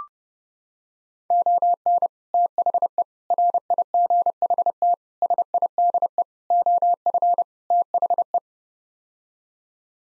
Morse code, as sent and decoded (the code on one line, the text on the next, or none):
--- -. / - .... . / .-. .. --. .... - / ... .. -.. . / --- ..-. / - .... .
ON THE RIGHT SIDE OF THE